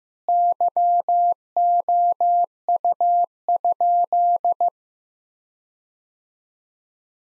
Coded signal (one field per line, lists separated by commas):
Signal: Morse code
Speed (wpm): 16 wpm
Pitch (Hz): 700 Hz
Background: none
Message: YOU?